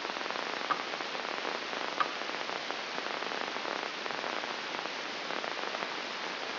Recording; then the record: brain microelectrode recording played as sound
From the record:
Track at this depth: outside the subthalamic nucleus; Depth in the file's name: 7.86 mm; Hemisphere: left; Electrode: 2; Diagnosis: Parkinson's disease